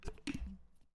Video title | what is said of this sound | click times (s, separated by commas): Michi Mochievee Just Chatting 2025-5-6 | So, I have been drinking. Look, you can hear the pop. | 0.3 s